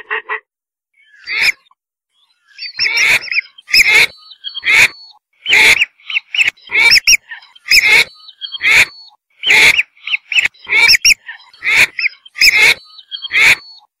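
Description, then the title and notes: Whistling duck calls: a long, irregular series of short whistled notes, each with a sharp click-like attack. "Kicau Burung Belibis"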